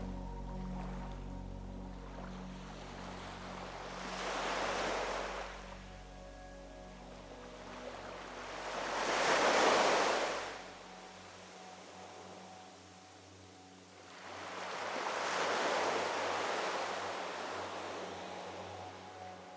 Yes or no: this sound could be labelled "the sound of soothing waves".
yes